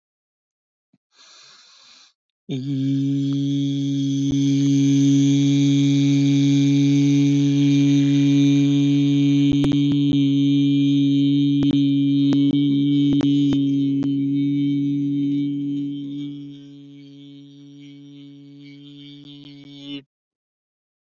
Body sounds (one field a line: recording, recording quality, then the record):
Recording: sustained vowel as in beet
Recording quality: excellent, no background noise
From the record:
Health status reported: healthy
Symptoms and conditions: none ticked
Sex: male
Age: 23 years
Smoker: not ticked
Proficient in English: yes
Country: India